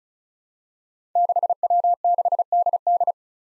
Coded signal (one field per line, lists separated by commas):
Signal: Morse code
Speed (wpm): 36 wpm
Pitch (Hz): 700 Hz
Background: none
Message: 6W6DD